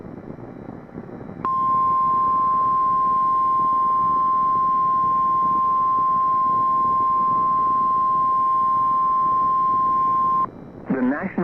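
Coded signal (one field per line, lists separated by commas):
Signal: Emergency Alert System (SAME) tones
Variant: 853 and 960 Hz attention tone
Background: speech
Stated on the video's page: Fire Warning, a non-weather alert, relayed by NWS Norman over NOAA Weather Radio, rarely heard there.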